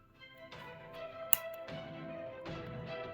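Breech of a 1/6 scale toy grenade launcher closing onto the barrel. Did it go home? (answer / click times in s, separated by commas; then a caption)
yes / 1.3 s. The hinged breech of a 1/6 scale plastic toy grenade launcher is closed onto the barrel after a shell is loaded, snapping shut with a single sharp click at 1.3 s. The breech seats, while steady tonal background music plays throughout.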